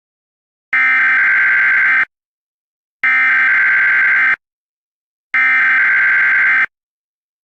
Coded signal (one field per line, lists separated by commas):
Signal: Emergency Alert System (SAME) tones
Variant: header bursts